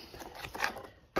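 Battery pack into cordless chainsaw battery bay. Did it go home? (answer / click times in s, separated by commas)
yes / 0.6 s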